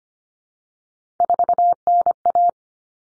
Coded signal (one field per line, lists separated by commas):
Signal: Morse code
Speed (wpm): 25 wpm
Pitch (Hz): 700 Hz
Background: none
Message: 4NA